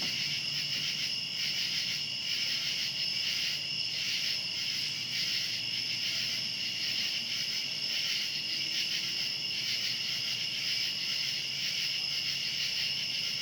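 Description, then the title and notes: Cicadas in a shrill nighttime chorus that throbs rhythmically, the buzzing holding steady over a soft low background. Cicadas calling outdoors at night. "Ext. Cicadas, Night by Bandeto"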